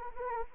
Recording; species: mosquito wingbeat signal from an infrared sensor; Anopheles arabiensis